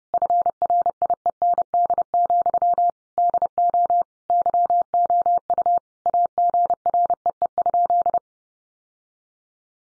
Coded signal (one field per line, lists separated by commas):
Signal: Morse code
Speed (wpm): 28 wpm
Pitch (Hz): 700 Hz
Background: none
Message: FRIEND, DO YOU AGREE?